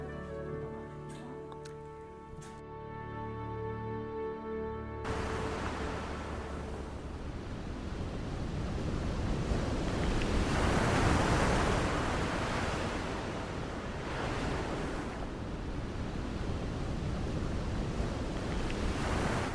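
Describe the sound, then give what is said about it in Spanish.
A few seconds of sustained tonal music end abruptly, giving way to steady ocean waves: broad rushing surf that swells and recedes in slow, uneven surges, with no voices. “Si no estás en el mar, te he traído algo de olas.”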